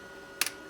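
A hooped cap frame is slid onto a Toyota embroidery machine's cap driver, turned straight up and pushed until it locks, with a groove on the frame lining up with a groove on the driver. Two quick, sharp clicks sound at about 0.4 s and 0.5 s against a quiet background. The hat hoop snaps into place and is seated on the cap driver.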